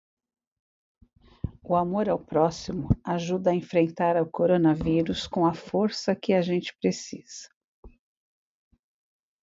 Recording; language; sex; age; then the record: spoken sentence; Brazilian Portuguese; female; 50 to 59 years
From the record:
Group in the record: control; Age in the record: 59 years